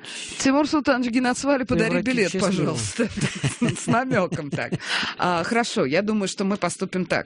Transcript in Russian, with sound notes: «Тимур Султанович, генацвале, подари билет, пожалуйста». С намеком так (все смеются). Хорошо. Я думаю, что мы поступим так.